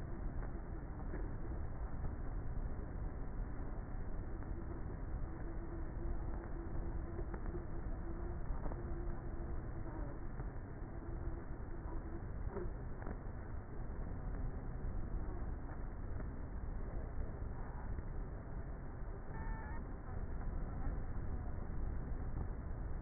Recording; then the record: honeybee colony, microphone inside the hive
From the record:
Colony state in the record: queenless with a low population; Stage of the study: before two queens were removed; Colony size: about 30,000 bees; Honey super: no